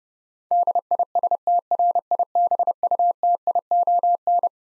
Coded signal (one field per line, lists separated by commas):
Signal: Morse code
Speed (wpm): 32 wpm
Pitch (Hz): 700 Hz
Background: none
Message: DISTRIBUTION